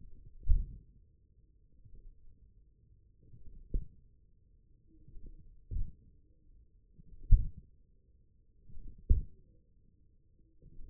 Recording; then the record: forearm muscle sounds (acoustic myography)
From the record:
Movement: hand closing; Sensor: system 1, eight BSWA MPA416 microphones around the upper forearm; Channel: 3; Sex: male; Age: 28 years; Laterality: right